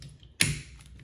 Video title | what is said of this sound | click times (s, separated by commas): 2013-2017 chevy equinox front and rear wiper blade replacement. | and you hear that click, and that means it's on. | 0.4 s